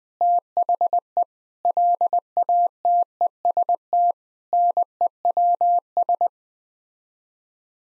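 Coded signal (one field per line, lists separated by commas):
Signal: Morse code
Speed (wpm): 20 wpm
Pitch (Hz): 700 Hz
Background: none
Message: THE LATEST NEWS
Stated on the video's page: Morse practice at 20 wpm: sets of nine common words for head-copy, each sent twice.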